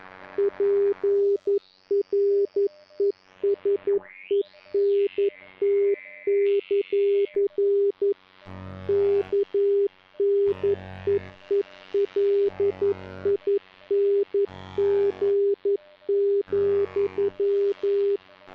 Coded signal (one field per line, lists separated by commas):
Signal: Morse code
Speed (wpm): 11 wpm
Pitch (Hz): 400 Hz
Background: none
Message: PRESENT; KNEELING,